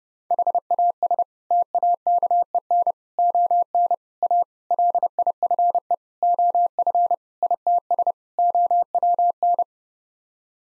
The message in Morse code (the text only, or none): HAS TAKEN ON A LIFE OF ITS OWN